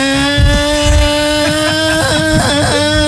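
Toff's scooter engine runs steadily, giving a loud, buzzing drone with a strong whine on top and a few low, sputtering thumps as it revs slightly. No one speaks.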